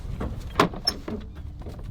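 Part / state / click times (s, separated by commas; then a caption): sliding drawer in a truck-bed drawer system / not seated / none. A sliding storage drawer in a Decked drawer system in a Jeep Gladiator truck bed is pulled out toward its open position, where a detent latch is meant to hold it so it won't roll back closed when parked on a hill. Sharp knocks and rattles are heard at about 0.2, 0.6, 0.9 and 1.1 seconds, the loudest at 0.6 and 0.9 seconds, over a low background rumble. Nothing has latched or clicked into place yet.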